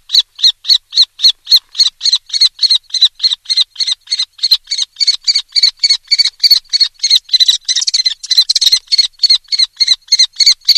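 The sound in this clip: Common Kestrel calling a long, steady run of shrill, scratchy kee notes, about three and a half each second, without a break.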